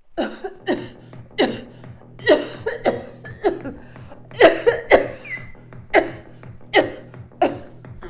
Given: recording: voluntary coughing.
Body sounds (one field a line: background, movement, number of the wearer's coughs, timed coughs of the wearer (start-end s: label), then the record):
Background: music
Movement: sitting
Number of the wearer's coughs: 11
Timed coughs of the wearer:
0.17-0.57 s: cough
0.67-0.99 s: cough
1.37-1.71 s: cough
2.25-2.77 s: cough
2.83-3.36 s: cough
3.43-3.81 s: cough
4.38-4.79 s: cough
4.89-5.43 s: cough
5.92-6.17 s: cough
6.72-7.11 s: cough
7.39-7.68 s: cough
From the record:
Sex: female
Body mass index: 21.8 kg/m2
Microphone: on the chest, facing outward